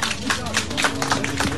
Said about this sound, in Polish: Bardzo dziękuję Państwu. Oklaski.